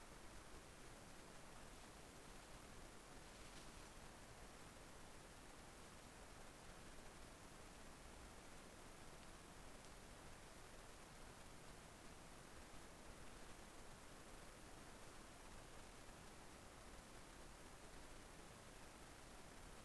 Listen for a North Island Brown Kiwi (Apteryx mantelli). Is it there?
no